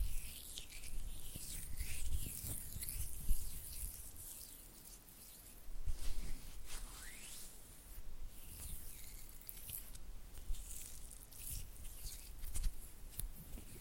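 Oily hands rub and fingers flutter in a slick, wet patter of squelches and light taps that runs the whole time. Bursts come in irregular clusters, busiest around 1–3 seconds and again near 6 and 12 seconds, with bright hissy edges and a soft low thumping underneath.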